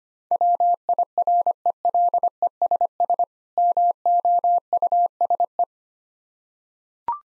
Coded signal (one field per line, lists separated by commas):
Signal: Morse code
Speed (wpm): 25 wpm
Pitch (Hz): 700 Hz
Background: none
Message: WIRELESS MOUSE